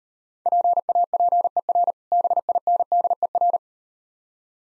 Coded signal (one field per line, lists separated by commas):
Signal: Morse code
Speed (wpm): 39 wpm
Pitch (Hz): 700 Hz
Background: none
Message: PAPER BINDER